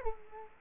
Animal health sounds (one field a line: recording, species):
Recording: mosquito wingbeat signal from an infrared sensor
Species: Culex quinquefasciatus